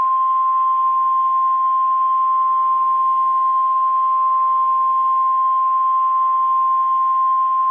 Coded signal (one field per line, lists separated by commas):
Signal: Emergency Alert System (SAME) tones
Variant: 1050 Hz attention tone